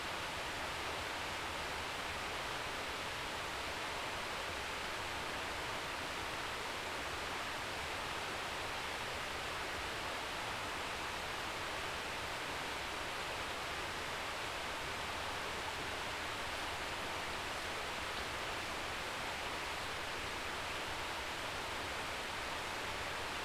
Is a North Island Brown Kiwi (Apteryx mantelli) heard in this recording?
no